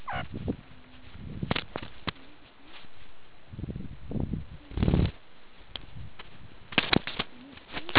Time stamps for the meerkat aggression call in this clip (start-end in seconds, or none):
none